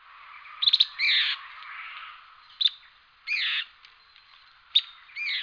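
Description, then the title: Bird song made of harsh, scratchy phrases and brief sharp chips, spaced at irregular intervals over faint background hiss. "LuckyPassaro Completos2Sama"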